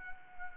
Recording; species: mosquito wingbeat signal from an infrared sensor; Anopheles arabiensis